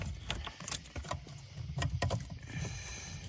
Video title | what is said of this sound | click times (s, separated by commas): turbo Honda Accord wiring issue fix | Heard it. Is that clicking in? Yep. | 2.0 s